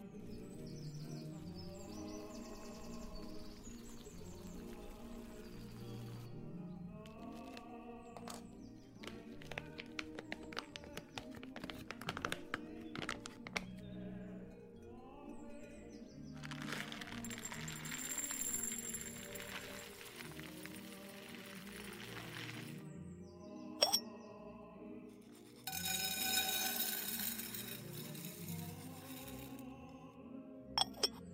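Granny cooks in a vintage kitchen while old tunes play steadily underneath the whole time. Sharp clinks and taps of utensils cluster in the first half, then a long hissing rush, like running water or sizzling, fills the middle, returning briefly near the end.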